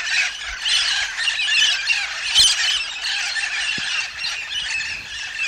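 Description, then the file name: Tucuman amazon calls: a steady chorus of raspy squawks and high chatter from many parrots, with a few faint thumps underneath. "loroalisero"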